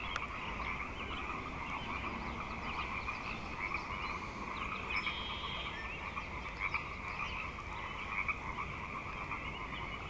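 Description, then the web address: Frogs chorusing, a thick steady wall of overlapping croaks with scattered louder notes standing out now and then. Frog chorus on Grafton Lake, recorded 3 May 2009. "The Frog Chorus Tunes Up On Grafton Lake frogs edit 090503"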